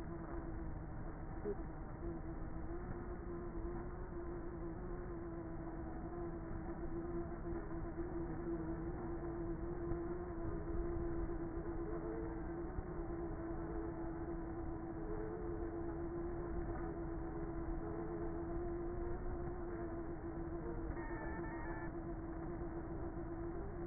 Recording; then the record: honeybee colony, microphone inside the hive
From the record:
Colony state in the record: queenless with a low population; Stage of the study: before two queens were removed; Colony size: about 30,000 bees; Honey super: no